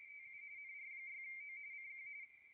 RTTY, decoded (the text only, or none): TU NR6O CQ